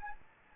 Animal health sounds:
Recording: mosquito wingbeat signal from an infrared sensor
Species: Anopheles gambiae

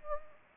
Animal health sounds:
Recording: mosquito wingbeat signal from an infrared sensor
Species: Anopheles gambiae

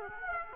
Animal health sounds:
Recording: mosquito wingbeat signal from an infrared sensor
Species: Aedes aegypti

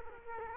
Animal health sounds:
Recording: mosquito wingbeat signal from an infrared sensor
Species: Culex quinquefasciatus

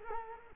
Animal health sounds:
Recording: mosquito wingbeat signal from an infrared sensor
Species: Culex quinquefasciatus

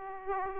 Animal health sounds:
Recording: mosquito wingbeat signal from an infrared sensor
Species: Aedes aegypti

